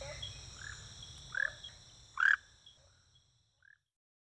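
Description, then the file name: Tree frog calls: a few short, harsh chirping notes, two louder ones about a second apart and a faint third near the end, over a steady high hiss. "Rhacophorus smaragdinus"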